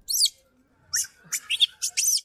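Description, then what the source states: Monkey chirps: several short, very high, squeaky notes in quick separate bursts, some rising and falling in pitch, with brief pauses between them. Small monkeys.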